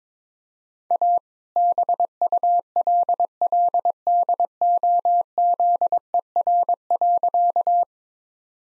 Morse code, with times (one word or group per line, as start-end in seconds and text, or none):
0.9-1.2 A
1.6-7.8 BULLDOZER.